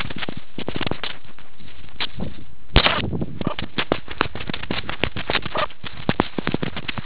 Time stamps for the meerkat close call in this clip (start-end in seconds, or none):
2.85-3.00, 3.42-3.56, 5.53-5.67